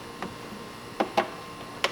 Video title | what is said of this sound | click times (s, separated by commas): Blinking Brake Light Install 10th Gen Civic Si | put it back in turn it clockwise and you'll hear it click | 1.8 s